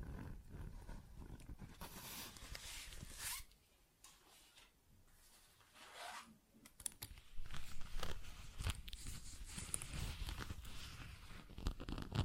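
ASMR scratching and tapping in dense, rough bursts, with a quieter stretch near four to six seconds holding rising zipper-like swipes.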